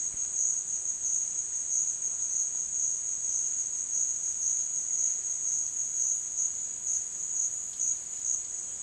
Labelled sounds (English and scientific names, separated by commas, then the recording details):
none
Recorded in dense forest near Puerto Asís, Putumayo, Colombia, on 22 June 2025 at 13:00
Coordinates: 0.466, -76.327
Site GP04